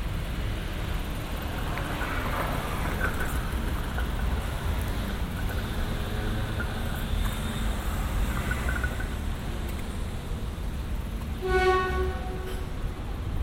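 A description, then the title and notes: A busy city street hums with a steady, dense rumble of passing traffic, low and continuous throughout. Around the eleventh second a clear ringing tone rises above the noise, likely a bell or horn, while faint chatter and clatter sit in the background. Amsterdam Street Sounds.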